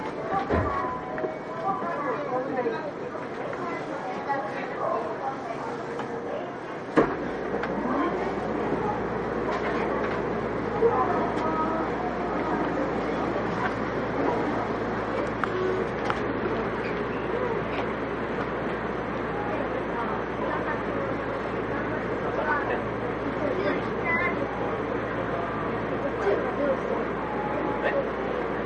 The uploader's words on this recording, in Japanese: 横浜市営地下鉄3000R形 関内〜あざみ野。快速運用で録音。録音はICレコダーを使用しています。